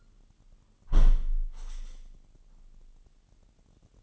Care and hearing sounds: daily activity, microphone in the room; close window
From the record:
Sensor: 4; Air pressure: 998.7 hPa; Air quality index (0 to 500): 118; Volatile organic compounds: 2 ppm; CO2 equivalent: 1156 ppm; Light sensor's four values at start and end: 9/23/9/10 and 9/23/9/10

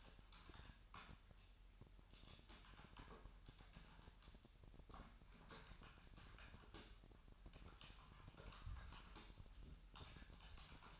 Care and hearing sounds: daily activity, microphone in the room; typing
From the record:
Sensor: 2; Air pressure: 1001.9 hPa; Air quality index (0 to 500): 248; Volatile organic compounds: 39 ppm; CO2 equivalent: 3129 ppm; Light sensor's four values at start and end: 11/36/13/14 and 10/35/13/14

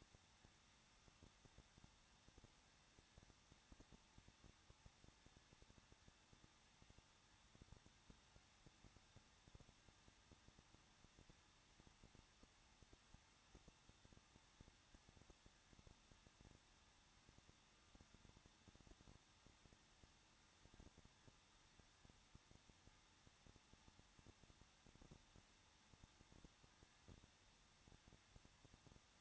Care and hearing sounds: daily activity, microphone in the room; no activity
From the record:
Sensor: 3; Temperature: 21.2 degrees Celsius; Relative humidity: 36.3%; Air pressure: 1006.3 hPa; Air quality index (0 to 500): 221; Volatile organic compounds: 40 ppm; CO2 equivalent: 3154 ppm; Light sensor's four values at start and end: 2/3/2/2 and 2/3/2/2

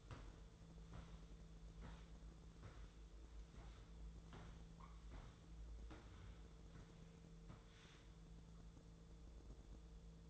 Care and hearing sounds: daily activity, microphone in the room; walk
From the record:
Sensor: 3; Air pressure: 1005.5 hPa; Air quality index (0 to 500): 95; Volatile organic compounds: 3 ppm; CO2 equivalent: 1487 ppm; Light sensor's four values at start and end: 10/23/9/9 and 10/24/10/9

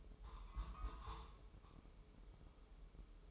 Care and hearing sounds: daily activity, microphone in the room; take from stove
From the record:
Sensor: 1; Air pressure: 995.4 hPa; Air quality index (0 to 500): 29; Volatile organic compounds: 1 ppm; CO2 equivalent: 542 ppm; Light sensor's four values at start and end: 29/102/39/40 and 29/102/39/40

